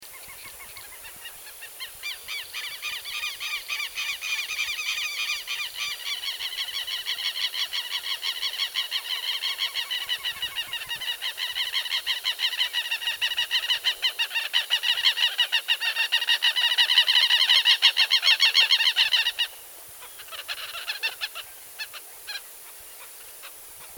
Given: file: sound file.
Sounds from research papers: Display, including agitated cackling, of a V. chilensis pair flying over their inundated territory. Recording station PPA001, 29 Apr. 2013, 16:35 h; gradually filtered in the range 0–0.5 kHz to remove wind noise.

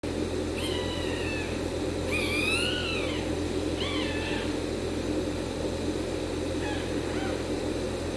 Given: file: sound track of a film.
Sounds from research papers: Respiratory distress in a neonatal puppy due to perinatal asphyxia and severe hypoxia.

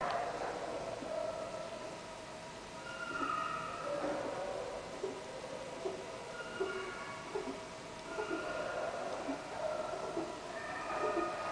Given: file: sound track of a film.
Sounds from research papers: Positive response (more than five coughs) in a cat following nebulization of capsaicin by the cage method.

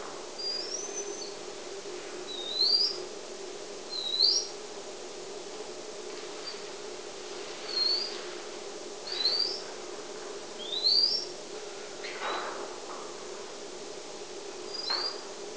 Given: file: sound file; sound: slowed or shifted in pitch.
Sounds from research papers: Example of adult BxD mouse song 1 week before sham brain lesion surgery.

